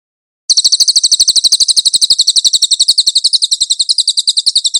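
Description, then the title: Cililin singing a fast, even series of high, buzzy chirps that runs unbroken after a short opening silence. Master (tutor) song of the cililin, clear audio. "MASTER SANGAT BAGUS SUARA BURUNG CILILIN, AUDIO JERNIH"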